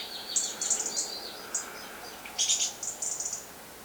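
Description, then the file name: European robin giving thin, very high notes in short clustered bursts, with lower warbled fragments between them and a steady faint background hiss. "Erithacus rubecula"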